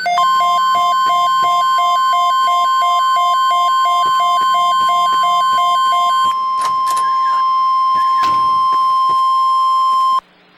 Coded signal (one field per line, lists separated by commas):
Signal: Emergency Alert System (SAME) tones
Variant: 1050 Hz attention tone